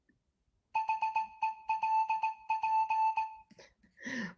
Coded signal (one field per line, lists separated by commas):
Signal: Morse code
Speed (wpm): 18 wpm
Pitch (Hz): 880 Hz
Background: none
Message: HELP